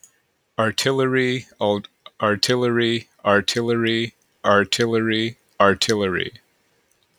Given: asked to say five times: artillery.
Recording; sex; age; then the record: repeated word; male; 30 to 39 years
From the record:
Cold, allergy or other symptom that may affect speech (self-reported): no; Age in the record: 34 years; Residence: Maryland, United States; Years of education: 16